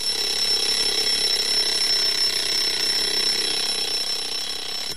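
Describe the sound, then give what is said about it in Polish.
An alarm clock rings in a home in Poland without pause, a loud, shrill metallic jangle holding steady for several seconds, with no voices over it. “Nieco później w domu przeciętnego, w cudzysłowie, statystycznego Polaka zadzwonił budzik.”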